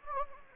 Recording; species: mosquito wingbeat signal from an infrared sensor; Anopheles gambiae